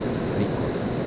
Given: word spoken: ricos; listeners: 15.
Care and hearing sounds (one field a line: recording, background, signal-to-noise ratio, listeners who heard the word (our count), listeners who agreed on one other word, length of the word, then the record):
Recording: one Spanish word in noise, from a listening test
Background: speech-shaped noise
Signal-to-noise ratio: -6.5 dB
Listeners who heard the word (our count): 5 of 15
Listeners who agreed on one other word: 10 of 15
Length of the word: 0.67 s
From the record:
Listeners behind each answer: 10, 5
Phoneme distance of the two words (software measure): 10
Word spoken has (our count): 2 syllables, 5 phonemes, stress on syllable 1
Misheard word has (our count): 2 syllables, 5 phonemes, stress on syllable 1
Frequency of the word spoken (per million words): 31.66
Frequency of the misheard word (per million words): 5.95